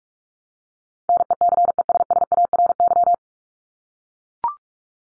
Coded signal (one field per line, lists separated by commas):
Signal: Morse code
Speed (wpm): 44 wpm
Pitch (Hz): 700 Hz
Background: none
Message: NECESSARY